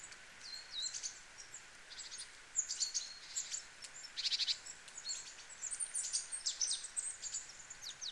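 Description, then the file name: Great tit calls: bursts of high, thin chattering and ticking notes, some in quick clusters, scattered throughout over a steady background hiss. "Parus major"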